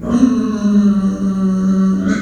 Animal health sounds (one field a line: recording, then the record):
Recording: squeal of a Yucatan mini pig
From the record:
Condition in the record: after surgery on the right vocal fold (resection and tissue-engineered implant)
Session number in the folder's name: 6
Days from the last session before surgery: 40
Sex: female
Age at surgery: 19 weeks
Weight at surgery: 25 kg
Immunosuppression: prednisolone